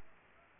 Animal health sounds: mosquito wingbeat signal from an infrared sensor; Culex pipiens

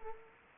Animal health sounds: mosquito wingbeat signal from an infrared sensor; Culex quinquefasciatus

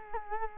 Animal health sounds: mosquito wingbeat signal from an infrared sensor; Culex quinquefasciatus

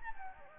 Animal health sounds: mosquito wingbeat signal from an infrared sensor; Anopheles gambiae

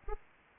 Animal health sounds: mosquito wingbeat signal from an infrared sensor; Anopheles arabiensis

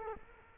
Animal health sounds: mosquito wingbeat signal from an infrared sensor; Culex quinquefasciatus

